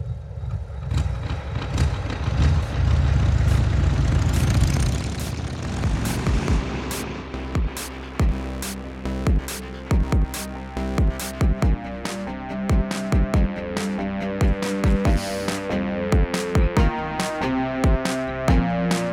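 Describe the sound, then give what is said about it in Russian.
A racing motorcycle engine on the Isle of Man roars loudly past for about five seconds, a deep rumbling snarl, heard over a loudspeaker and then shifting down before a corner, before giving way to rhythmic music with sharp, regular beats. “Дикий просто рокот, который ты слышишь в громкоговоритель, он сначала пропадает из громкоговорителя, появляется где-то за деревьями неподалеку, и впоследствии ты слышишь, как он идет на понижение перед тем поворотом, на котором ты сидишь.”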